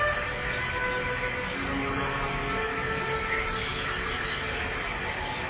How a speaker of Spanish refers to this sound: Y escuchando el sonido del agua, disfrutas de ese paisaje que empieza a aparecer a tu alrededor.